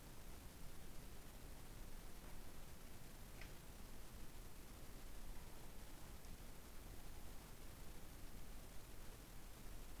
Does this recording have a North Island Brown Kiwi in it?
no